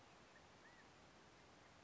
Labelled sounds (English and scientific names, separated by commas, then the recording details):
California Quail (Callipepla californica)
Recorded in Sonoma County, California